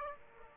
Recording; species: mosquito wingbeat signal from an infrared sensor; Aedes aegypti